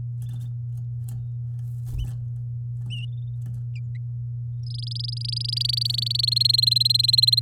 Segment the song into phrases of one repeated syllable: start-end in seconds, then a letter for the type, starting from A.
4.63-6.30 A, 6.32-7.40 B